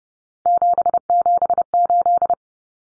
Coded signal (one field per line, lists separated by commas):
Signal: Morse code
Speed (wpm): 30 wpm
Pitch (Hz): 700 Hz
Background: none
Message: 778